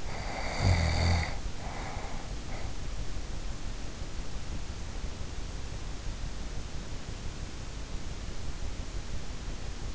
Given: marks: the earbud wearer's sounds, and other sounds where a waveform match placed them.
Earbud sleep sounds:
sounds in sleep by an in-ear microphone; snoring breath
0.00-3.05 s: snoring breath

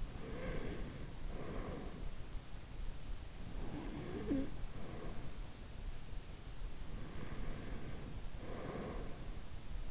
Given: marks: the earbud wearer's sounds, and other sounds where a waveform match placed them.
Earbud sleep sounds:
sounds in sleep by an in-ear microphone; breath
0.00-2.29 s: breath
3.36-5.76 s: breath
6.98-9.35 s: breath

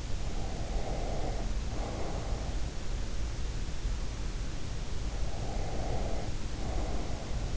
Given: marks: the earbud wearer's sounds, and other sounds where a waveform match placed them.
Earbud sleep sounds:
sounds in sleep by an in-ear microphone; breath
0.13-2.58 s: breath
5.24-7.56 s: breath

